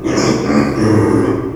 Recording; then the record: squeal of a Yucatan mini pig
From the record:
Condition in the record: before surgery on the right vocal fold (resection and tissue-engineered implant); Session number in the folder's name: 1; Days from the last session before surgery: -3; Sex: male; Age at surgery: 12 weeks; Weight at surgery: 13 kg